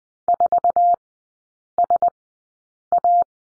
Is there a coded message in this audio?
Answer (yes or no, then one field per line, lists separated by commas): yes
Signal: Morse code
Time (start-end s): 0.3-3.2 s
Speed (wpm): 20 wpm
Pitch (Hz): 700 Hz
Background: none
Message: 4SA